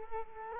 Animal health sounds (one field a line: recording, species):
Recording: mosquito wingbeat signal from an infrared sensor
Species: Culex quinquefasciatus